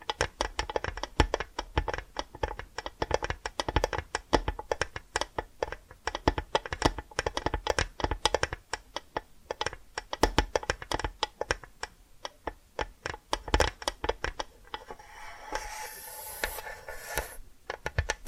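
Dense, quick tapping runs throughout, sharp clicks arriving in irregular bursts with brief pauses near 12 and 14 seconds. Around 15 to 17 seconds the taps thin out and a soft, hissy scratching takes over, fading back to light tapping at the end.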